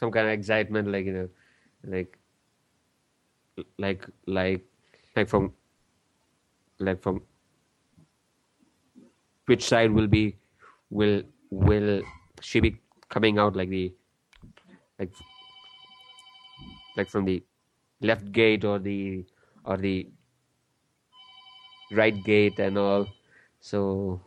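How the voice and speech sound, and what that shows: A man speaks haltingly, repeating whole words ("like, like, like", "will, will") and stopping silently for one to two seconds mid-sentence. These repetitions and blocks are stuttering, a fluency disorder that breaks the flow of speech. Brief electronic tones sound in the background.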